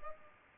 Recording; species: mosquito wingbeat signal from an infrared sensor; Culex pipiens